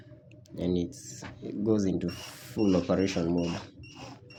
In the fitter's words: press it in and it clicks. You hear that click sound